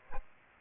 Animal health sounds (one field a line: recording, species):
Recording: mosquito wingbeat signal from an infrared sensor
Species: Aedes aegypti